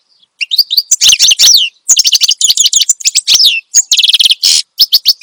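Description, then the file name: Finch song of tight, high-pitched chirps and a buzzy trill, delivered in quick bursts after a brief silent start. Finch singing steadily and loudly (gacor), offered as a recording for training other songbirds (masteran). "Suara Kicauan Burung Finch Gacor Dor Cocok Untuk Masteran"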